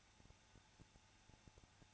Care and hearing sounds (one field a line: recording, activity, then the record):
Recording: daily activity, microphone in the room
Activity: no activity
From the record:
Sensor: 2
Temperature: 21.0 degrees Celsius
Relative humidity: 34.2%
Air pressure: 994.4 hPa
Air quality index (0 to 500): 171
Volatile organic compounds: 3 ppm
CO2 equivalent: 1331 ppm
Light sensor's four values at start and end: 2/3/2/2 and 2/3/2/2